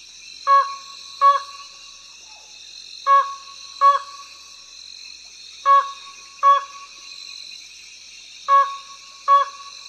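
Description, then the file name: Slaty-legged crake repeating a double call, two clipped notes roughly every two and a half seconds, four pairs in all, with a constant high insect chorus behind. "灰腳秧雞"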